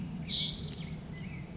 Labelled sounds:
Black-headed Grosbeak
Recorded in Sonoma County, California

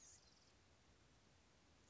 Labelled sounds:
Anna's Hummingbird
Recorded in Sonoma County, California

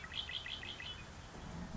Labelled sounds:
Red-winged Blackbird
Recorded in Sonoma County, California

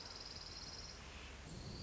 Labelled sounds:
Orange-crowned Warbler
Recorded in Sonoma County, California

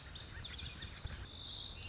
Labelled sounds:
Lazuli Bunting
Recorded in Sonoma County, California

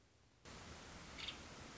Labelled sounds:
Nuttall's Woodpecker
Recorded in Sonoma County, California

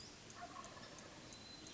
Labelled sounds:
Wild Turkey
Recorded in Sonoma County, California

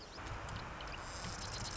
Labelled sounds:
Marsh Wren
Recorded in Sonoma County, California

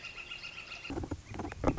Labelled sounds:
Northern Flicker
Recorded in Sonoma County, California

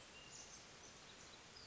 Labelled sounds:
Western Flycatcher
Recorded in Sonoma County, California

